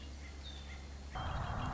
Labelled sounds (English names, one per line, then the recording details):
Red-winged Blackbird
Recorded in Sonoma County, California